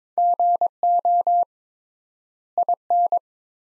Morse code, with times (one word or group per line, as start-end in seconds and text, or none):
0.2-1.4 GO
2.6-3.2 IN